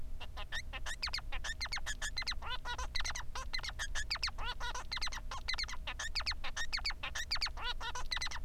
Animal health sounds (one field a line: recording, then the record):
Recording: song of a male Bengalese finch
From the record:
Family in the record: son of father 3